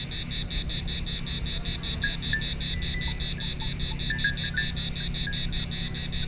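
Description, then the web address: Cicada song: dense, rhythmic buzzing in quick regular pulses, with scattered faint chirps and a low steady hum. Two cicadas recorded on Thassos, Greece, in 2016. "hanggyujtemeny gorogtaj thassos 2016 ketkaboca kecskekrovarok kecskesut"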